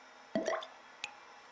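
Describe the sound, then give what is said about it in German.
Blood is poured into a measuring cylinder to be divided into portions: a short gurgling splash with a quick rising pitch, then a single faint drip a moment later, with no talking. “Ich nehme Harrys Blut, gieße es in den Maßzylinder und teile es in Portionen.”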